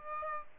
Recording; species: mosquito wingbeat signal from an infrared sensor; Aedes aegypti